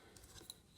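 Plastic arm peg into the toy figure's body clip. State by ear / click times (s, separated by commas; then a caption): not seated / none. A plastic arm peg on a 2022 Transformers Legacy Velocitron Speedia 500 Collection Autobot Cosmos toy figure is pushed toward the clip on the figure's body, with faint sharp plastic ticks at about 0.2 s and 0.5 s. The connection fails, and nothing has seated or clicked yet.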